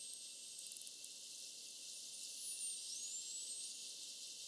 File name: spinner dolphins